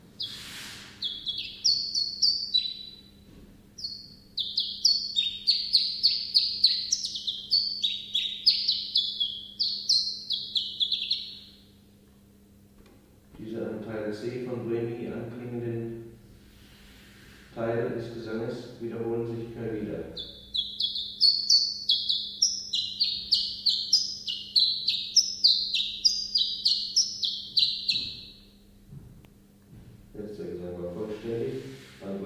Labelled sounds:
Common Chiffchaff song
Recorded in captivity
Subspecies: collybita
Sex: male
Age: adult
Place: Zoologisches Institut Universität Tübingen, Baden-Württemberg, DE
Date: 1965-05-18 10:25
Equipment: Nagra III PH, kleiner englischer Parabolspiegel, LGS26
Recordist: Schneider, Hans-Joachim
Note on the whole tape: Werbegesänge von Männchen blau/grün - lila/lila. Auf diesem Band auch Aufnahmen vom 21. Mai um 6.50 Uhr: Männchen blau/grün - lila/braun. Aufnahmen in einem separaten Raum mit kleinem englischen Parabolspiegel. MaAs: E.B

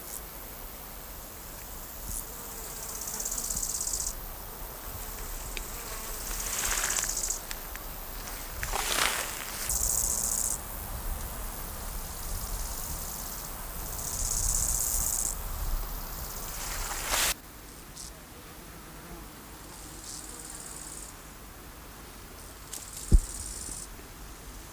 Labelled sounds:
Bow-winged Grasshopper stridulation
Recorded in the wild
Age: imago
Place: Mühlenbecker Land, OT Summt, Brandenburg, DE
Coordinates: 52.7, 13.3667
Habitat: heath
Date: 1990-08-12 15:18
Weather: 28°C
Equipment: Marantz, Sennheiser ME 80
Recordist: Tembrock, Günter

